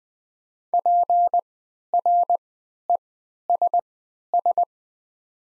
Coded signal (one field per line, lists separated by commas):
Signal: Morse code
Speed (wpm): 20 wpm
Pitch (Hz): 700 Hz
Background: none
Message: PRESS